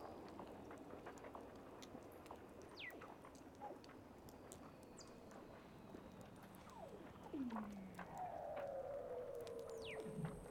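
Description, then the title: Weddell seal underwater calls: several downward-gliding whistles, one long and bright near the end, amid scattered clicks. "Douglas Quin - Weddell Seals (Underwater)"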